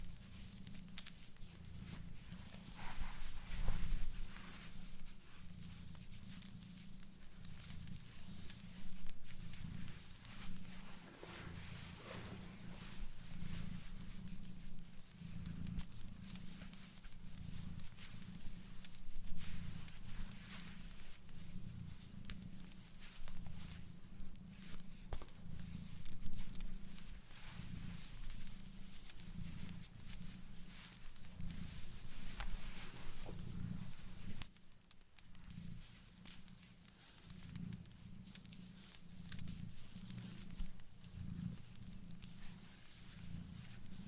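Knitting a blanket, with a steady low hum running underneath that throbs in an uneven rhythm throughout. Soft clicks and rustles come in quick, irregular bursts over it, easing briefly around the thirty-five second mark before picking up again.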